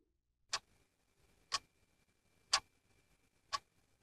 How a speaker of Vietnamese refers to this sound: Tiếng đồng hồ tích tắc cứ vang đều trong không gian yên tĩnh của đêm khuya.